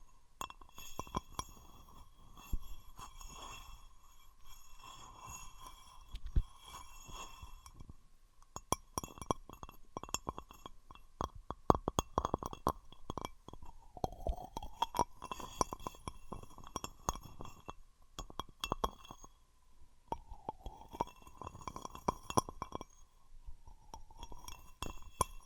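Glass and hard materials are struck and scraped, making bright clinks and clatters in dense irregular bursts throughout. Under the clicks runs a steady ringing tone that dips in pitch around 14 and 20 seconds, like a rubbed rim. Quieter gaps separate the busier stretches.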